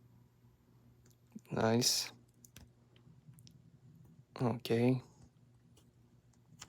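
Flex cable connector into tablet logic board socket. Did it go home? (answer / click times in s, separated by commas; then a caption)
yes / 6.6 s. During an iPad Pro repair, a flex cable connector is pressed onto its socket on the tablet logic board under the bracket. Someone talks twice amid a few faint taps, then a sharp click at 6.6 s shows the connector has seated.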